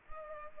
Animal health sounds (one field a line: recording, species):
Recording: mosquito wingbeat signal from an infrared sensor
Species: Culex pipiens